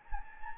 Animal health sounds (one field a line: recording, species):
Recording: mosquito wingbeat signal from an infrared sensor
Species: Anopheles gambiae